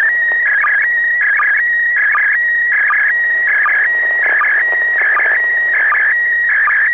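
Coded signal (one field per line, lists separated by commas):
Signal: SSTV (slow-scan television)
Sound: warbling whistle tones alternating with a steady high tone, regular short low blips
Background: radio static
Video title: SSTV decoding from ISS pass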